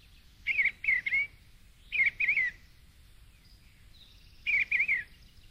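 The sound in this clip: Eastern bluebird singing short warbled, slightly burry note groups in three bursts, each of two or three quick notes, over quiet background noise.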